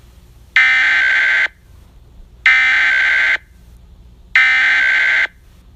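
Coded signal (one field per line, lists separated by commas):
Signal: Emergency Alert System (SAME) tones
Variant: header bursts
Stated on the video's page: Fictional EAS scenario using valid EAS tones.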